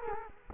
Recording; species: mosquito wingbeat signal from an infrared sensor; Culex quinquefasciatus